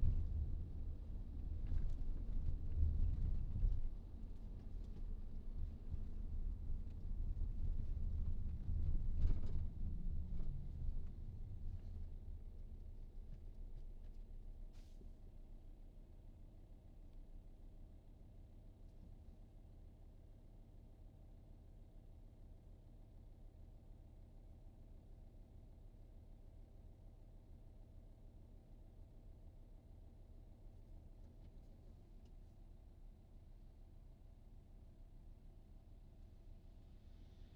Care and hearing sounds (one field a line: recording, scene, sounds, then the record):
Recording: everyday scene through a hearing-aid microphone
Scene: in a vehicle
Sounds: engine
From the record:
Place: VW T5 Caravelle, diesel engine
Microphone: in the ear canal, right